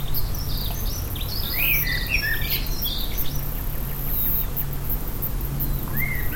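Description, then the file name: Common blackbird twittering: a cluster of high squeaky notes with a few lower fluted notes, then a single whistle near the end, over continuous low hum. "Turdus merula"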